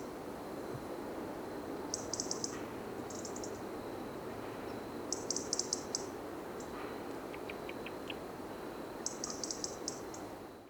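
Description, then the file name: European robin calls as bursts of rapid high ticks, several series plus scattered single ticks, over a steady hiss. "Erithacus rubecula"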